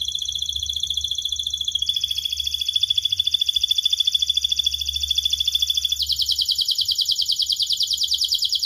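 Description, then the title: Atlantic canary song made of sustained rapid trills, changing pitch and texture twice. Canary (kenari) described as gacor, singing with the best cengkok and a very rich isian. "Kenari Gacor Cengkok Terbaik Isian Paling Mewah Kenarigacor Kicaumania Kenari"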